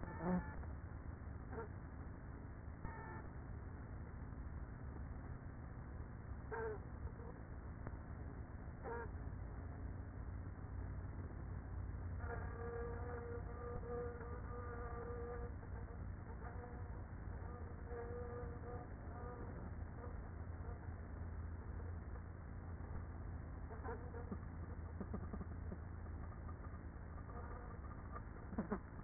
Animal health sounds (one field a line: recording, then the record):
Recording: honeybee colony, microphone inside the hive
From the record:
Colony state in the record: queenless with a low population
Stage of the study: after two queens were removed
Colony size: about 30,000 bees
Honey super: no